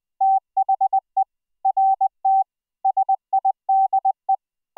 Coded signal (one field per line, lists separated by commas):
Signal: Morse code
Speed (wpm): 20 wpm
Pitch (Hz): 770 Hz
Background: none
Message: THE RT SIDE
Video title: Full Duplex CW MiDi Over iP QSO using Gstreamer on a Private ZeroTier network - Live DEMO